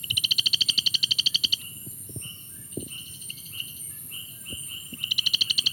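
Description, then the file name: Brown marsh frog producing a quick high pulsed trill that stops, then returns near the end, with scattered soft clicks between. Recorded at Mulu. "Rana baramica - Mulu BAse"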